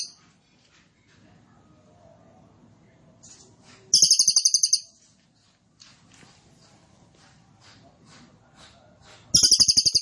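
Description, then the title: Cililin song: two rapid high rattling trills about five seconds apart, with scattered soft ticks and a low hum between them. Recording for training caged birds; song style called trorol konslet, described as gacor (singing very actively). "Cililin AMPUH 4. Cililin Trorol Konslet Gacor Banget"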